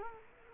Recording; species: mosquito wingbeat signal from an infrared sensor; Culex quinquefasciatus